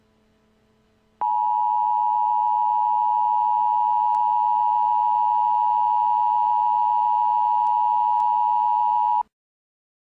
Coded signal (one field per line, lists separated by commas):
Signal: Emergency Alert System (SAME) tones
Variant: 853 and 960 Hz attention tone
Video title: EAS Emergency Alert System Channel: Severe Thunderstom Warning in Glasgow